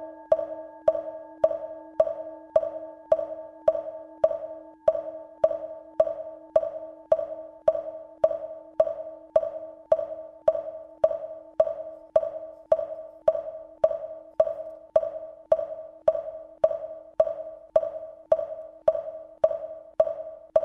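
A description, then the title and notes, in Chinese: A wooden fish is struck in a steady, unbroken rhythm, just under two knocks per second, for the whole clip. Each hollow, mid-pitched knock is clear, with a short ringing tail that fades before the next. Nothing else is heard. 白噪音,木鱼聲。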